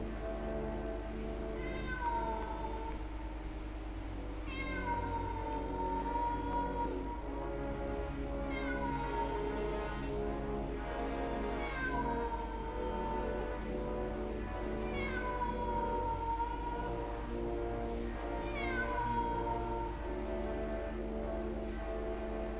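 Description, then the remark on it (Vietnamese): A cat meows repeatedly in long, wavering, eerie cries that rise and fall in pitch, about five drawn-out yowls over a steady low background hum, with no one speaking. “Lần này con mèo lại kêu nhìn lên những tiếng còn rùng rợn hơn.”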